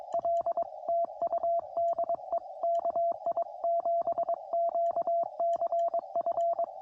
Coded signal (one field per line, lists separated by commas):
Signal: Morse code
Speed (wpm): 22 wpm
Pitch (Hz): 680 Hz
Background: radio noise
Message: L TU DE KI7QCF